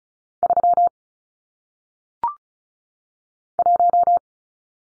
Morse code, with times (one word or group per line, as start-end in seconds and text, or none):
0.4-0.9 3
3.6-4.2 1